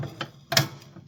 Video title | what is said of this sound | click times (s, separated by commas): Can We Get This Chipper/Shredder Working? | Clicks back in nice. | 0.5 s, 0.6 s